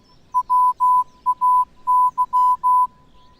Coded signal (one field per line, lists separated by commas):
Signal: Morse code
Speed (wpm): 16 wpm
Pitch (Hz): 1000 Hz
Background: none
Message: WAY